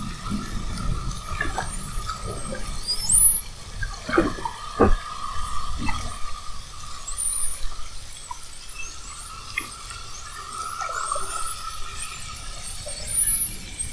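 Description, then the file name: Spinner dolphin whistles: thin, high upswept and wavering tones appear in short bursts among underwater crackle, clicks and a steady low rumble. Whistles at Fernando de Noronha. "Sons rotadores FN assovios"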